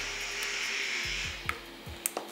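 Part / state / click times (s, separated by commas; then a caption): metal C-clip onto the gear drive pulley shaft / seated / 2.1 s. A metal C-clip is pressed onto the shaft of a Falcon skateboard gear drive to retain the pulley/gear. Over a steady hiss with a few low rumbling sweeps, a small tick sounds at 1.5 s, then the clip snaps into its groove with a sharp click at 2.1 s, followed by a softer knock. The C-clip is seated and locked in place.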